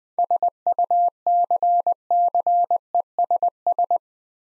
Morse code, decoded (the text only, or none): SUCCESS